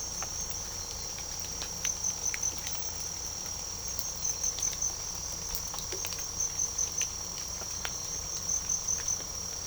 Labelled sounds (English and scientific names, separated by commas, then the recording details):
none
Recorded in pastures near Puerto Asís, Putumayo, Colombia, on 18 December 2024 at 01:00
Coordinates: 0.497, -76.327
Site G088